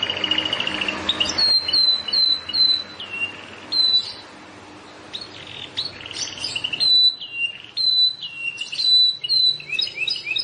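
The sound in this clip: Plain prinia song in short bursts of high chirps and slurred notes separated by pauses, with a brief hiss of background noise at the start.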